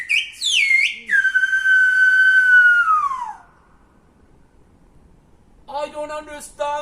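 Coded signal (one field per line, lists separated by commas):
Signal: whistled language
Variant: Silbo Gomero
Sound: rising and falling whistle, then a long held whistle slowly dropping, then a voice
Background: speech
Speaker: uses the formula i don't understand you i don't understand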